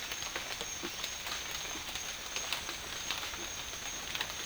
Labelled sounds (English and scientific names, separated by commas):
none